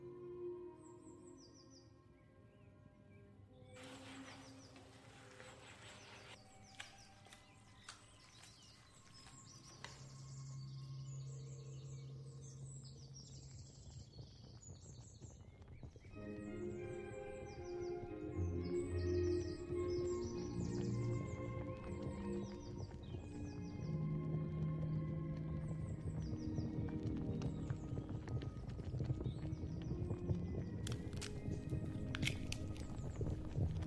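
Oldies music plays steadily while kitchen cooking sounds clatter and knock throughout, growing busier and louder after the first fifteen seconds.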